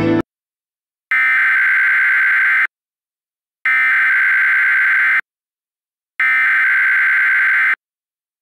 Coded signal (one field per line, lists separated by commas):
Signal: Emergency Alert System (SAME) tones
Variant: header bursts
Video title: EAS Mock: CAVE AWIPS new product test (Experimental)